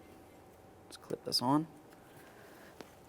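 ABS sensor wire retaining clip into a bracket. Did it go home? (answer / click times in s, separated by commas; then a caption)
yes / 2.8 s. A plastic ABS sensor wire retaining clip on a 1999-2006 Chevrolet Silverado 1500 is pressed onto a steel bracket on the suspension. Someone talks briefly between about 1.0 and 1.6 seconds. A sharp click at 2.8 seconds marks the clip seating on the bracket.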